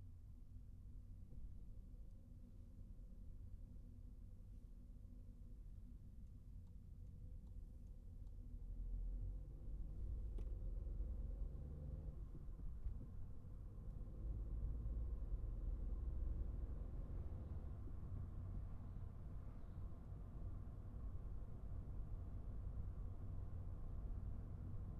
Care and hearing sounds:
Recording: everyday scene through a hearing-aid microphone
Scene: in a vehicle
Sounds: engine, traffic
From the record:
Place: Skoda Fabia, gasoline engine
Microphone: behind the ear, right, front

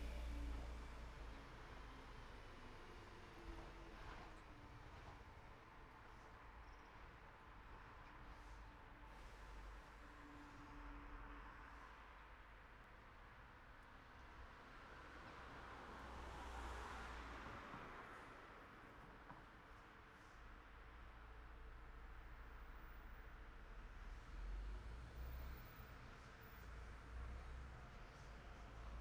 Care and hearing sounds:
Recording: everyday scene through a hearing-aid microphone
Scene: in traffic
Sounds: traffic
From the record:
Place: city secondary road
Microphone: behind the ear, right, front

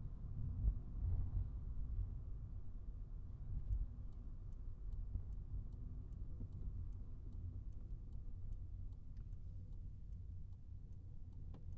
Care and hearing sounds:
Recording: everyday scene through a hearing-aid microphone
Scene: in a vehicle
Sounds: engine, highway traffic jam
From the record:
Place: Skoda Fabia, gasoline engine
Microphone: behind the ear, right, front

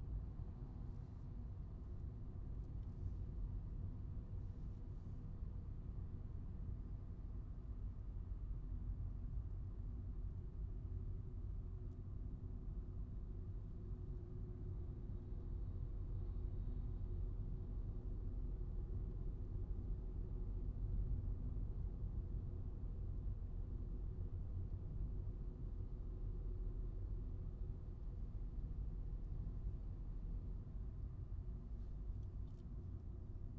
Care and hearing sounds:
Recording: everyday scene through a hearing-aid microphone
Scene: in a vehicle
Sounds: engine, highway driving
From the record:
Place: Skoda Fabia, gasoline engine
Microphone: in the ear canal, right

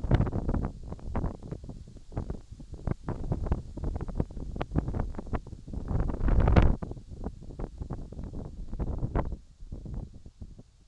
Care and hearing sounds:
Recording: everyday scene through a hearing-aid microphone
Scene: wind on the microphone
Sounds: wind, whistling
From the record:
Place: in front of a rural house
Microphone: in the ear canal, left

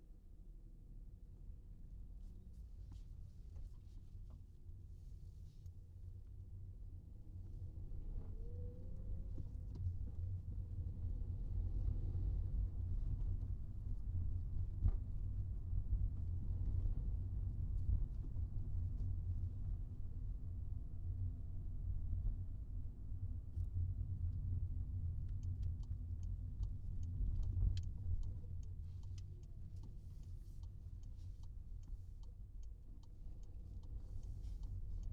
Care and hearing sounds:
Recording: everyday scene through a hearing-aid microphone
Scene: in a vehicle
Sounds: engine, rumble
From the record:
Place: Skoda Fabia, gasoline engine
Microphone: in the ear canal, right

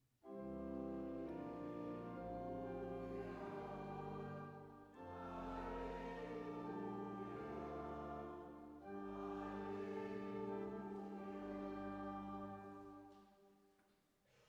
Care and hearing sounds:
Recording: everyday scene through a hearing-aid microphone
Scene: reverberant space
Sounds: music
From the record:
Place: church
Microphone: behind the ear, right, front

